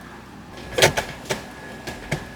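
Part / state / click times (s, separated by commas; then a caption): plastic interior trim piece into the car's center console area / not seated / none. A plastic interior trim piece is pressed back into place in the center console area of a G35 drift car, around a newly installed hydraulic handbrake. A series of short plastic knocks and taps is heard near 0.8, 1.0, 1.3, 1.9 and 2.1 seconds over a faint steady hum. The trim does not clip in and nothing has clicked yet; it needs to be cut to fit.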